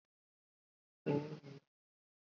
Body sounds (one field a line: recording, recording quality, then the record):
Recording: sustained vowel as in boot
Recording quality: moderate, slight background noise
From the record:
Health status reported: respiratory illness, not identified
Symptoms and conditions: fever, fatigue, muscle pain, diarrhoea, asthma, hypertension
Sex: male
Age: 42 years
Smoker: yes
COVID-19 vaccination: both doses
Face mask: worn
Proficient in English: yes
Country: India